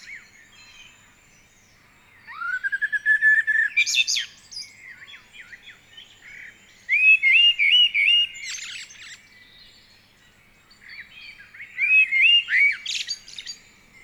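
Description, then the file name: Common blackbird delivering fluted phrases, each closing with a sharp squeaky flourish, three phrases spaced a few seconds apart. "Turdus merula"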